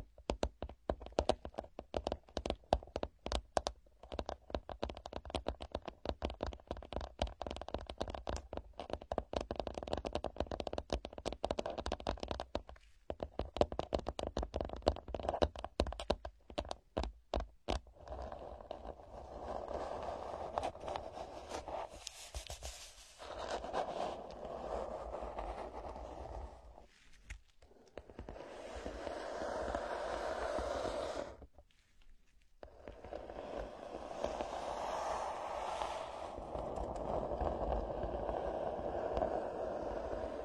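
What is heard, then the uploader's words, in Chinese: Ear scratching with no voice. For the first eighteen seconds or so it comes as fast, dense crackling scratches. After that it turns to smoother, fuller rubbing strokes that swell and fade, with short silent breaks near 23, 27 and 32 seconds. 无人声搔耳朵。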